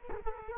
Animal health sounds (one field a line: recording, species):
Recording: mosquito wingbeat signal from an infrared sensor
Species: Culex quinquefasciatus